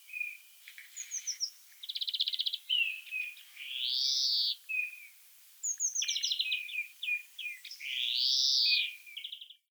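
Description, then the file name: European greenfinch song mixing quick descending twitters and rattling trills with a long arched wheezing note, repeated in a similar sequence twice. "Chloris chloris"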